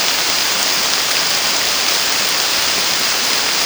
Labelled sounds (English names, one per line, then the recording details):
none
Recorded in secondary vegetation near Puerto Asís, Putumayo, Colombia, on 29 June 2025 at 13:00
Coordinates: 0.485, -76.322
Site GP06